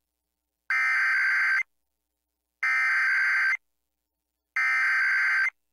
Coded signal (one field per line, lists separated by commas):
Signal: Emergency Alert System (SAME) tones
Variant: header bursts